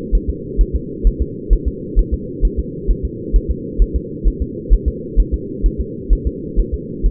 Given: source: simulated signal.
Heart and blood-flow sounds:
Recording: fetal heart sounds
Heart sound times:
0.15 s: S1
0.30 s: S2
0.61 s: S1
0.76 s: S2
1.07 s: S1
1.22 s: S2
1.53 s: S1
1.68 s: S2
1.99 s: S1
2.14 s: S2
2.45 s: S1
2.59 s: S2
2.91 s: S1
3.05 s: S2
3.36 s: S1
3.51 s: S2
3.82 s: S1
3.96 s: S2
4.28 s: S1
4.42 s: S2
4.73 s: S1
4.88 s: S2
5.20 s: S1
5.34 s: S2
5.66 s: S1
5.81 s: S2
6.13 s: S1
6.27 s: S2
6.59 s: S1
6.74 s: S2
7.06 s: S1
From the record:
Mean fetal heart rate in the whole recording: 130 bpm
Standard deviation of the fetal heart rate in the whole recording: 2 bpm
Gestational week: 36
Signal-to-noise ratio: -4.1 dB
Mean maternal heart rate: no maternal heart sound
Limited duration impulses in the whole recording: absent

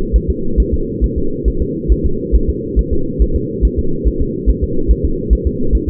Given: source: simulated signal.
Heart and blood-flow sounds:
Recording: fetal heart sounds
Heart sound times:
0.16 s: S1
0.30 s: S2
0.60 s: S1
0.74 s: S2
1.04 s: S1
1.18 s: S2
1.48 s: S1
1.62 s: S2
1.92 s: S1
2.06 s: S2
2.36 s: S1
2.50 s: S2
2.79 s: S1
2.93 s: S2
3.22 s: S1
3.36 s: S2
3.65 s: S1
3.79 s: S2
4.08 s: S1
4.22 s: S2
4.50 s: S1
4.64 s: S2
4.91 s: S1
5.05 s: S2
5.33 s: S1
5.47 s: S2
5.75 s: S1
5.89 s: S2
From the record:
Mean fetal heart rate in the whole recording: 140 bpm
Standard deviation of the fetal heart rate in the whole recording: 2 bpm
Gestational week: 34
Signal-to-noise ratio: -8.1 dB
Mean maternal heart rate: 72 bpm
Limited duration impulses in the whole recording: present

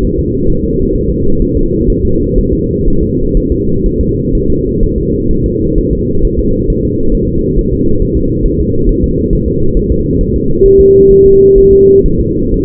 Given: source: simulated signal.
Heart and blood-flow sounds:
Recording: fetal heart sounds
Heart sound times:
0.04 s: S1
0.19 s: S2
0.50 s: S1
0.64 s: S2
0.95 s: S1
1.10 s: S2
1.42 s: S1
1.57 s: S2
1.90 s: S1
2.05 s: S2
2.38 s: S1
2.53 s: S2
2.88 s: S1
3.03 s: S2
3.37 s: S1
3.52 s: S2
3.86 s: S1
4.01 s: S2
4.35 s: S1
4.50 s: S2
4.83 s: S1
4.98 s: S2
5.31 s: S1
5.46 s: S2
5.78 s: S1
5.93 s: S2
6.25 s: S1
6.39 s: S2
6.70 s: S1
6.85 s: S2
7.15 s: S1
7.29 s: S2
7.59 s: S1
7.73 s: S2
8.02 s: S1
8.17 s: S2
8.46 s: S1
8.60 s: S2
8.89 s: S1
9.04 s: S2
9.33 s: S1
9.48 s: S2
9.77 s: S1
9.92 s: S2
10.21 s: S1
10.36 s: S2
10.66 s: S1
10.81 s: S2
11.11 s: S1
11.26 s: S2
11.58 s: S1
11.73 s: S2
12.06 s: S1
12.20 s: S2
12.54 s: S1
From the record:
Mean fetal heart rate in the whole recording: 130 bpm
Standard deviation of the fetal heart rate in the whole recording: 4 bpm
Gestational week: 38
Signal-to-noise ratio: -16.4 dB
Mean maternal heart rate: 72 bpm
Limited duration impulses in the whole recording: present

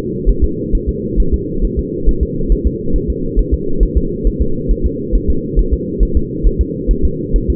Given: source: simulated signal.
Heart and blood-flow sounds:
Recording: fetal heart sounds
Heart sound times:
0.29 s: S1
0.44 s: S2
0.75 s: S1
0.89 s: S2
1.20 s: S1
1.34 s: S2
1.64 s: S1
1.79 s: S2
2.09 s: S1
2.23 s: S2
2.52 s: S1
2.67 s: S2
2.96 s: S1
3.10 s: S2
3.39 s: S1
3.54 s: S2
3.83 s: S1
3.97 s: S2
4.27 s: S1
4.42 s: S2
4.71 s: S1
4.86 s: S2
5.15 s: S1
5.30 s: S2
5.59 s: S1
5.73 s: S2
6.03 s: S1
6.17 s: S2
6.46 s: S1
6.61 s: S2
6.91 s: S1
7.05 s: S2
7.36 s: S1
7.50 s: S2
From the record:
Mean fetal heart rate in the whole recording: 135 bpm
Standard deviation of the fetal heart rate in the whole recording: 3 bpm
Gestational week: 36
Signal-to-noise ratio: -8.1 dB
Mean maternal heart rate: 72 bpm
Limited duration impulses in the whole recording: absent

